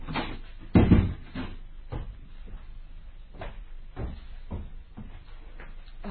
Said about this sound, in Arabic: هناك من يقرع الباب. لابد أنه هو. إذن أدخل.